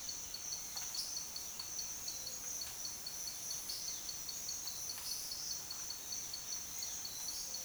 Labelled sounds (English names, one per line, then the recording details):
none
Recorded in dense forest near Puerto Asís, Putumayo, Colombia, on 19 February 2024 at 07:00
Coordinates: 0.502, -76.326
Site G6460